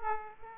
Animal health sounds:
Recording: mosquito wingbeat signal from an infrared sensor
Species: Aedes aegypti

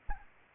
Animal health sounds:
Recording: mosquito wingbeat signal from an infrared sensor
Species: Anopheles gambiae

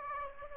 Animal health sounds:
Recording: mosquito wingbeat signal from an infrared sensor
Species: Aedes aegypti

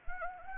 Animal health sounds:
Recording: mosquito wingbeat signal from an infrared sensor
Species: Anopheles arabiensis

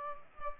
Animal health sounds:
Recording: mosquito wingbeat signal from an infrared sensor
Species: Culex pipiens

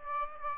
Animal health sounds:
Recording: mosquito wingbeat signal from an infrared sensor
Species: Aedes aegypti

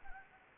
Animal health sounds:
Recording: mosquito wingbeat signal from an infrared sensor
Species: Anopheles gambiae

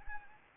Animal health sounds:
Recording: mosquito wingbeat signal from an infrared sensor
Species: Anopheles gambiae

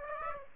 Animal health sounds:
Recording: mosquito wingbeat signal from an infrared sensor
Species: Aedes aegypti

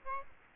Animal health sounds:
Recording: mosquito wingbeat signal from an infrared sensor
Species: Aedes aegypti

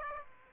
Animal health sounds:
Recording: mosquito wingbeat signal from an infrared sensor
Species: Aedes aegypti

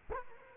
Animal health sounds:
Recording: mosquito wingbeat signal from an infrared sensor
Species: Culex quinquefasciatus

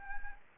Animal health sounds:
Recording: mosquito wingbeat signal from an infrared sensor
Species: Anopheles arabiensis

